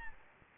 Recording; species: mosquito wingbeat signal from an infrared sensor; Aedes albopictus